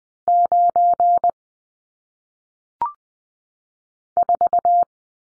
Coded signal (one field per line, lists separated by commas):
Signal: Morse code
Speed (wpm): 20 wpm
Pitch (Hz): 700 Hz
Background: none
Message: 9 4